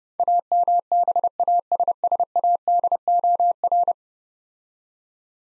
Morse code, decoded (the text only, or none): AMBASSADOR